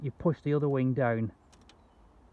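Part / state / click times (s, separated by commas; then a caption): glazing clip onto greenhouse glazing bar / not seated / none. Someone talks while the second wing of a homemade metal glazing clip is pushed down over a greenhouse glazing bar. After the talking, only faint handling noise and a few small ticks are heard against a quiet background. Nothing has seated or clicked yet.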